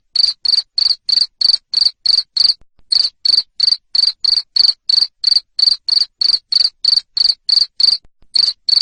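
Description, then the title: Cricket chirps in a rapid regular series of shrill pulses, broken by two brief pauses, otherwise continuous and loud. Loud cricket chirping used to stimulate lovebirds to sing continuously. "Suara JANGKRIK NGERIK Keras Bikin LOVEBIRD Jadi NGEKEK Terus Vubey"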